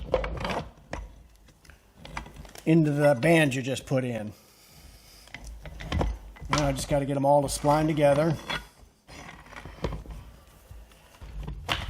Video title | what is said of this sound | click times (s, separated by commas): Cruise O Matic Transmission Rebuild - 1964 Thunderbird | there it goes there we go all right she snapped right in there | 11.7 s